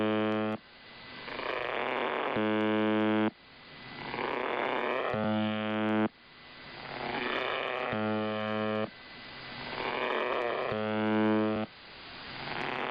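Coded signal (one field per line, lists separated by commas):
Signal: channel marker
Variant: UVB-76 (The Buzzer)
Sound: harsh low buzzes about one second long, five of them, repeating roughly every three seconds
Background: radio static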